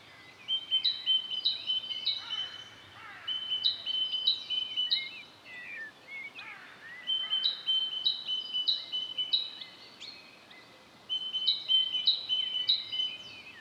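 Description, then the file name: Great tit see-saw song, repeated two-note phrases in several bouts, over steady background hiss with scattered clicks and other faint calls. "Parus major"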